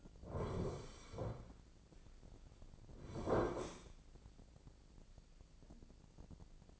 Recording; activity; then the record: daily activity, microphone in the room; sit down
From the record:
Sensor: 5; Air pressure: 1009.3 hPa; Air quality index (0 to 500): 159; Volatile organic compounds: 2 ppm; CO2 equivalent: 1219 ppm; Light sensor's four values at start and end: 273/658/277/301 and 273/658/277/301